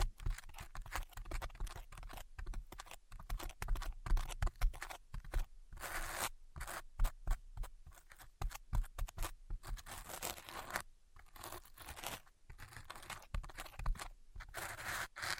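Tapping and scratching sounds continue throughout, with dense, irregular clusters of sharp clicks and rasping strokes. Brighter bursts of scratching come around 6, 10 and 14 seconds, separated by short pauses, over a faint low rumble.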